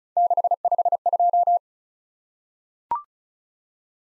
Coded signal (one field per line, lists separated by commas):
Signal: Morse code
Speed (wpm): 36 wpm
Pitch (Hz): 700 Hz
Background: none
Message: 652